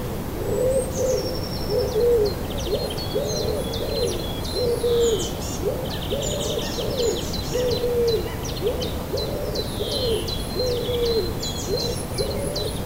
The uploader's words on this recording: Bird chorus at sunrise in Danish city. A dawn chorus of chirping birds during sunrise in Denmark. It is a Saturday morning in late April.